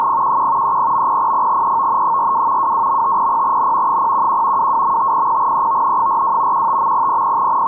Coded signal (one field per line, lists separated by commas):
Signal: NAVTEX (SITOR-B)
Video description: NAVTEX Area 3 ID N from Piombino. Reports regarding Tyrrhenian Sea and Ligurian Sea. Decoded with fldigi.